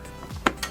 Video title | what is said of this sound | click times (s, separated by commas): BMW Ambient Outside Temperature Sensor Replacement - How to Fix BMW Temp Sensor: -40° Reading | it until it clicks. Okay, just like that. | 0.5 s